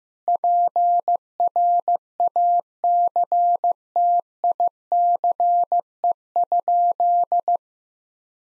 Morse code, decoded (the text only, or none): PRACTICE?